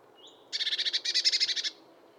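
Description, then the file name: Eurasian blue tit giving one thin high note, then a single dry churring rattle of rapid repeated notes lasting just over a second. "Cyanistes caeruleus"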